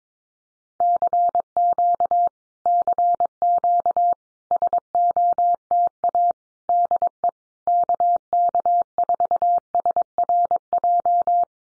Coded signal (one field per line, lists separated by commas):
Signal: Morse code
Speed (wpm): 22 wpm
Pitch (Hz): 700 Hz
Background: none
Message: CQ CQ SOTA DE KK4SRJ